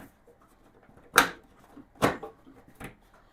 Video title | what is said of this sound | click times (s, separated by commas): 2025 LIFAN KPT 400 Coolant/antifreeze drain, flush and refill. Start to finish #motorcycle #lifan | You'll hear it pop and then you can shove the whole thing forward. | 1.2 s